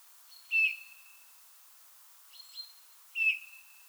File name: Pyrrhula pyrrhula